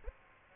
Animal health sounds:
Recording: mosquito wingbeat signal from an infrared sensor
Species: Aedes aegypti

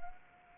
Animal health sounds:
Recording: mosquito wingbeat signal from an infrared sensor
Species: Anopheles arabiensis

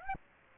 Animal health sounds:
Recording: mosquito wingbeat signal from an infrared sensor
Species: Aedes aegypti

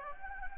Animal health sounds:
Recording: mosquito wingbeat signal from an infrared sensor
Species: Anopheles gambiae

